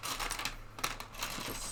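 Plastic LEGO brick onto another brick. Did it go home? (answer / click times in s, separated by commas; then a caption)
yes / 0.8 s. A plastic LEGO brick is pressed onto another brick, with light plastic clatter around 0.3 and 0.5 s and a low steady hum underneath. The brick clicks into place with a sharp snap at 0.8 s and is seated.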